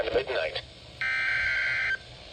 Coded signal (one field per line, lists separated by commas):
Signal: Emergency Alert System (SAME) tones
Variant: header bursts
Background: speech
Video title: Christmas In July Storms: EAS Alerts From 7/25/25 (EAS #5577-5644)